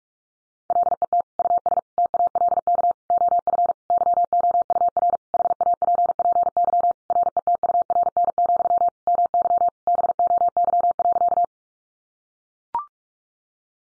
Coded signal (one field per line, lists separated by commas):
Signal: Morse code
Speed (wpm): 44 wpm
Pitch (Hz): 700 Hz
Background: none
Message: LET US TALK OF YOUR HAPPY RETURN, MY BOY.